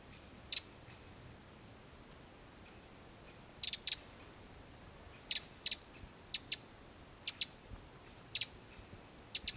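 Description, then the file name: Eurasian wren uttering hard tick notes, often doubled, at irregular intervals of one to three seconds against a quiet background. "Troglodytes troglodytes"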